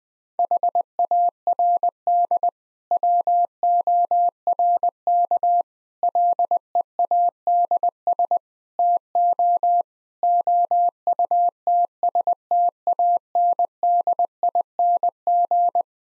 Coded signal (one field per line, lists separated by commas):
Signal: Morse code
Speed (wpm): 21 wpm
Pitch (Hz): 700 Hz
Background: none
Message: HARD WORK LEADS TO OUTSTANDING